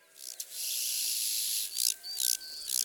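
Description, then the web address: Large banded grasshopper making a steady rasping buzz for about a second, then separate scratchy pulses between clear whistled bird notes. "Arcyptere bariolee. abc de la nature"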